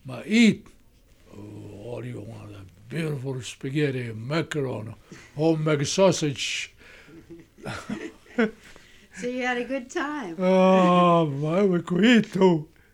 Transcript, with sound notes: Eat all you want, a beautiful spaghetti, macaroni, homemade sausage. ( they laugh )
So you had a good time?
Oh, we could eat, too.